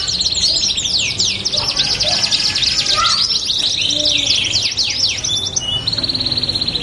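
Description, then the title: Belgian canary song, fast trilled phrases of rapid downward sweeps between high notes, with brief steady whistled tones, continuous throughout. Belgian canary song used to warm up canaries and prompt them to sing along within seconds. "Canto Para Esquentar Canário Belga. LANGSUNG NYAUT. Pancingan suara kenari hitungan detik langsung ikut bunyi"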